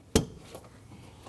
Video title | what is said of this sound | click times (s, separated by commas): How to Replace Radiator Cooling Fan Blade 2012-2021 Nissan NV2500 5.6L V8 | Wait for the click. | 0.2 s